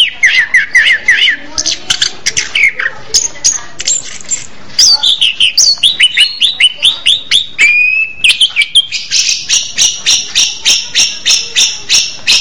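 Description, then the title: Orange-headed thrush singing a long varied phrase of slurred whistles and chips, then a fast run of repeated notes to the end. "Anis Merah"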